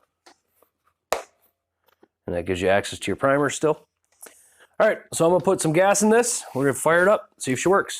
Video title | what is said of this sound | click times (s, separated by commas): CRAFTSMAN 550 PSI WASHER CARB CLEANING CRAFTSMAN PRESSURE WASHER WONT START AND HOW TO FIX IT. | and it simply just comes up snaps into place | 1.1 s